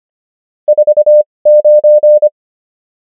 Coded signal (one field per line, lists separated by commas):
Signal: Morse code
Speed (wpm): 25 wpm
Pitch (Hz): 600 Hz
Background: none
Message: 49